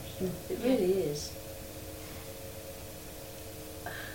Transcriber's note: none